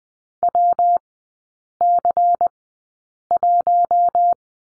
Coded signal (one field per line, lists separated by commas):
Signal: Morse code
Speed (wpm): 20 wpm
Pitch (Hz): 700 Hz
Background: none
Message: WC1